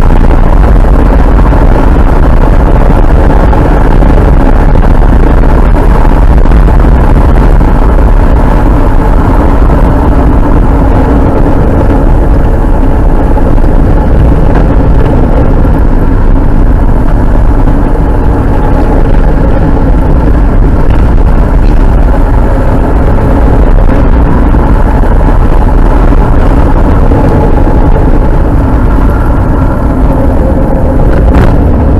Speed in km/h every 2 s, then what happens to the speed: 73, 71, 74, 69, 62, 50, 46, 44, 63, 52, 57, 59, 60, 54, 51, 42.
0-5 steady at about 73. 5-13 brakes to 44. 14-16 speeds up to 63. 25-32 slows to 42.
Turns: 15-18, 24-28.